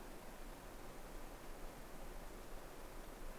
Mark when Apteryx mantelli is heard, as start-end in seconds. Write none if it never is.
none